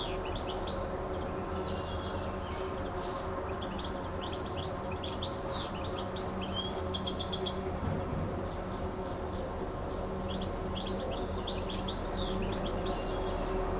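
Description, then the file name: Bird song: phrases of high, rapid chirps and short trills recurring throughout, with a constant low drone beneath. Recorded on an MZ-N 710 device, dated 26 06 14. "Chant d oiseau 26 06 14"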